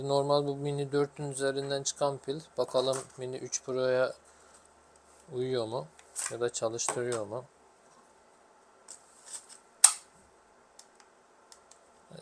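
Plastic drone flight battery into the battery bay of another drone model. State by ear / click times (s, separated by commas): seated / 9.8 s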